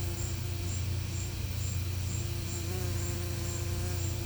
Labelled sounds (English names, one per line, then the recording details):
none
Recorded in pastures near Puerto Asís, Putumayo, Colombia, on 15 December 2024 at 12:30
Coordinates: 0.505, -76.324
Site G063